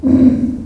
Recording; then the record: squeal of a Yucatan mini pig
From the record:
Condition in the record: after surgery on the right vocal fold (resection and tissue-engineered implant); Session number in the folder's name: 2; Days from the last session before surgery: 18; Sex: female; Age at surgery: 19 weeks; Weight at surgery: 25 kg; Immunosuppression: prednisolone